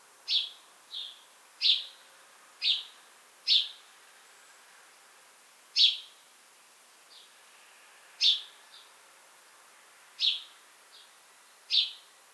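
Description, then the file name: House sparrow chirps: clear single notes at irregular intervals, with a few softer chirps between. "Passer domesticus"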